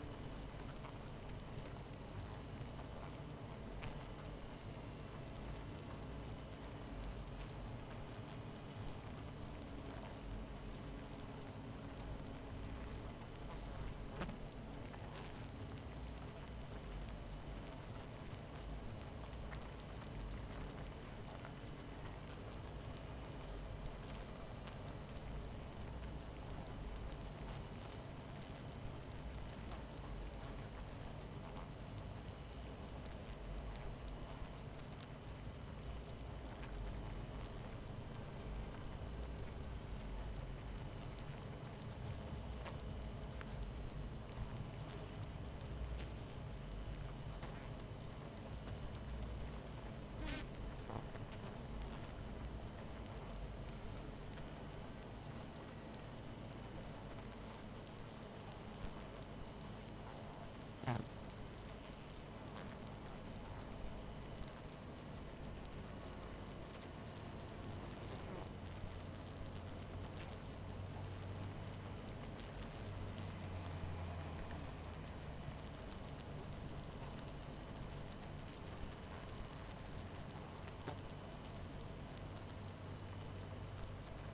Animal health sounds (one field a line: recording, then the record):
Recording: honeybee colony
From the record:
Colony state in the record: missing queen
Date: 14 July 2017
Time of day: 23:28